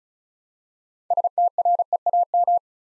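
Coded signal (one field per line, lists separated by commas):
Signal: Morse code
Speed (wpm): 36 wpm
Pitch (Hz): 700 Hz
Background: none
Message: STREAM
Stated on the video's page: Morse practice of 6-letter words at 35 wpm; first letters are spoken, then each word is sent twice.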